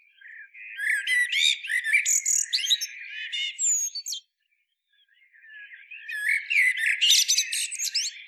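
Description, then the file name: Common blackbird uttering rapid, chattering high twitters and squeaks in two bursts, separated by a short silence of about a second. "Turdus merula"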